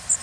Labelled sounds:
Blackburnian Warbler (Setophaga fusca) flight call

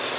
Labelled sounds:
Tennessee Warbler (Leiothlypis peregrina) flight call

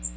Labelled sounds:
Magnolia Warbler (Setophaga magnolia) flight call

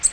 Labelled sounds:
Nashville Warbler (Leiothlypis ruficapilla) flight call

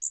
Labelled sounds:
Magnolia Warbler (Setophaga magnolia) flight call

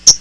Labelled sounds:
Hooded Warbler (Setophaga citrina) flight call

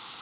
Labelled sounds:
American Redstart (Setophaga ruticilla) flight call

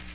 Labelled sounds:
Nashville Warbler (Leiothlypis ruficapilla) flight call

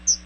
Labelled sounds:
Chestnut-sided Warbler (Setophaga pensylvanica) flight call

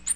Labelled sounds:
Ovenbird (Seiurus aurocapilla) flight call

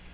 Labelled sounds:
Black-throated Green Warbler (Setophaga virens) flight call

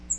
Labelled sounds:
Cape May Warbler (Setophaga tigrina) flight call

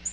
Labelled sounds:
Nashville Warbler (Leiothlypis ruficapilla) flight call

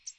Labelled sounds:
American Redstart (Setophaga ruticilla) flight call

